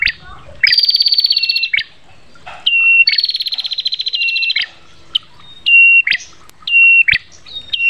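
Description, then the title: Prinia giving two long buzzy trilled phrases among short whistled notes with sharp upward flicks. Long-duration 'masteran' therapy recording of prinia song for training birds. "Masteran Terapi Prenjak Durasi Panjang"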